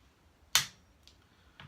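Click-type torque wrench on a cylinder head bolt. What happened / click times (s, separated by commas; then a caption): Torque wrench clicked off at set torque on a bolt / 0.6 s. A click-type torque wrench tightens the second cylinder head bolt to 22 foot-pounds while MLS head gaskets are installed on a Subaru engine. The wrench gives one loud, sharp click at 0.6 s, followed by two faint ticks near 1.1 s and 1.6 s. The bolt reaches its 22 foot-pound torque.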